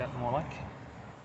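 A plastic oil filler cap extender is being handled and pushed toward the oil filler neck of a Ford 1.6, 1.8 or 2.0 petrol engine while someone talks. Nothing has seated or clicked yet, and only faint handling noise is heard under the talk.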